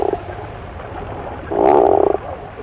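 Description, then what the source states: Tufted Puffin giving a single short, low groan. Groan-like call; not a first-rate vocalist.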